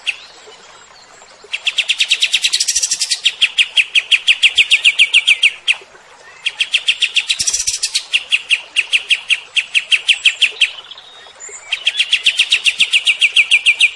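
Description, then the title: Cream-vented bulbul singing in long rapid bursts of clipped repeated notes, three phrases separated by short gaps, with faint background hiss. Kept bird after one month of care, recorded as a tutor track; described as singing sweetly and continuously (gacor mbeset). "Masteran Kapas Tembak Merdu. KAPAS Tembak Gacor Mbeset Rawatan Satu Bulan"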